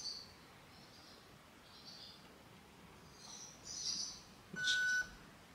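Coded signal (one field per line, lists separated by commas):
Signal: beep code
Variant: Specna Arms HAL MOSFET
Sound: quiet hiss, then a single half-second steady mid-pitched beep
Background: faint high chirpy background noise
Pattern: 1 long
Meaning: One long beep confirms the MOSFET was restored to factory settings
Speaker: and you'll hear a beep, like a long one. That's it. So now our gun has been restored to factory settings.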